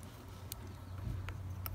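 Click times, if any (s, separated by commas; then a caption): 0.5 s, 1.3 s, 1.7 s. After the CR2032 battery is replaced in a 2013–2018 Dodge Ram 1500/2500/3500 truck key fob, the plastic cover halves of the fob shell are pressed together around the edge. Sharp, short snap clicks sound at 0.5, 1.3 and 1.7 seconds over a steady low hum. The cover is snapped shut and seated all the way around.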